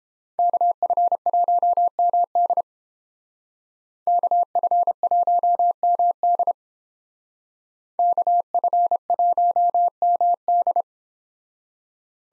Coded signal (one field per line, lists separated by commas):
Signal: Morse code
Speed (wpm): 30 wpm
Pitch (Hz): 700 Hz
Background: none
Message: KF1MD KF1MD KF1MD